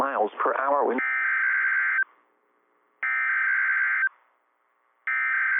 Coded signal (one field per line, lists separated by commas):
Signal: Emergency Alert System (SAME) tones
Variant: header bursts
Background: speech